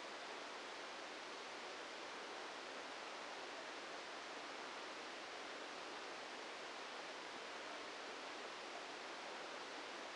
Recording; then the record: brain microelectrode recording played as sound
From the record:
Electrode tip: outside the subthalamic nucleus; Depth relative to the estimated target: 3 mm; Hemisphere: left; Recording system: NeuroSet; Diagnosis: Parkinson's disease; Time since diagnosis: 14 years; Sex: male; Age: 51 years